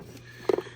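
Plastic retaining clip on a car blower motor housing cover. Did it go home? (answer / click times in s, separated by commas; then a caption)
yes / 0.5 s. A plastic retaining clip on the blower motor housing cover of a BMW F10 M5 is hooked on from below and slid upward during blower motor reinstallation. Sharp clicks sound at 0.5 s and 0.5 s, followed by a softer third tick near 0.6 s, over a low steady hum. The clip is seated properly.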